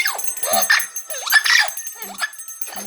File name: popugai amazon venesuelskii popugai